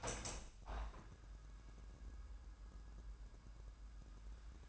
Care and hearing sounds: daily activity, microphone in the room; open window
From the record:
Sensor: 2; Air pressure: 997.9 hPa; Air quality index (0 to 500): 140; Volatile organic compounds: 4 ppm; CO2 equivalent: 1586 ppm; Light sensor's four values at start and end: 10/31/12/12 and 10/31/12/12

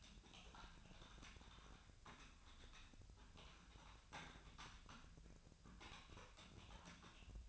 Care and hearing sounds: daily activity, microphone in the room; typing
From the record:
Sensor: 2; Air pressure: 1009.3 hPa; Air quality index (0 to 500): 187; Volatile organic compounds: 11 ppm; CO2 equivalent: 2323 ppm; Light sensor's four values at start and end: 24/59/25/28 and 24/59/25/28

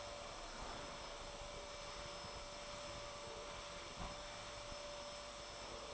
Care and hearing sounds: daily activity, microphone in the room; vacuum cleaning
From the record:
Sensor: 5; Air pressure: 1007.8 hPa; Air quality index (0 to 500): 95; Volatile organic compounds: 1 ppm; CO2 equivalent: 748 ppm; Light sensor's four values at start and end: 34/79/32/32 and 34/80/32/32

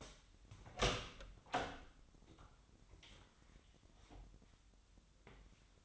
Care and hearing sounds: daily activity, microphone in the room; open door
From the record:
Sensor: 3

